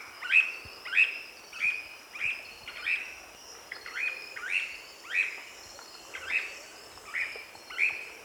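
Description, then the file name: Cryptic treehunter calling: a steady series of short, sharp notes about every two-thirds of a second, over a constant high hum. "suara panggilan burung cryptic treehunter omkicau"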